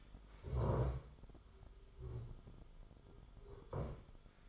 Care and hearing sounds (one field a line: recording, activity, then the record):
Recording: daily activity, microphone in the room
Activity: stand up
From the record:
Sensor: 5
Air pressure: 1005.2 hPa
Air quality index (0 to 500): 106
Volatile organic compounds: 2 ppm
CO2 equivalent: 1305 ppm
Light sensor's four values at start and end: 34/79/32/30 and 34/79/32/30